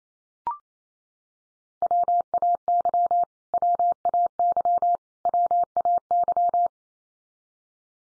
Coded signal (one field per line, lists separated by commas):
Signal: Morse code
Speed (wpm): 28 wpm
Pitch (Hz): 700 Hz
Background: none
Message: WAY WAY WAY